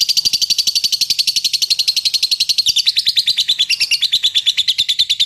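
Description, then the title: Bird song as a continuous rapid series of high chirps that dips slightly in pitch partway through and keeps a steady rhythm. Masteran training recording used to teach songbirds. "Suara masteran Burung"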